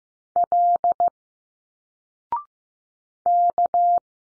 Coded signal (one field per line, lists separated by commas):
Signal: Morse code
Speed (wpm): 15 wpm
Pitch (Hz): 700 Hz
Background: none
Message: L K